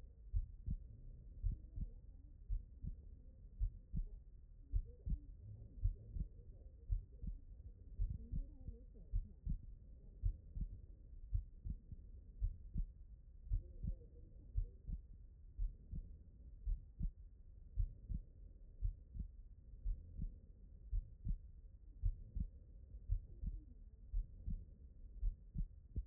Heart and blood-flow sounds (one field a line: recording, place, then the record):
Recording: heart sounds by stethoscope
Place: pulmonary valve (PV)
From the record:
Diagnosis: non-HFrEF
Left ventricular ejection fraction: 54%